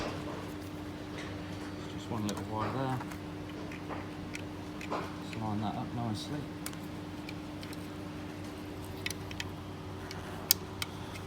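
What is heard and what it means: Someone talks while lining up a small wire plug for the seatbelt extender assembly of a Mercedes E-Class W207 Cabriolet, a plug that only goes in one way. After a few faint ticks, the plug is pushed home and snaps into its socket with a sharp click at 10.5 s, fully seated.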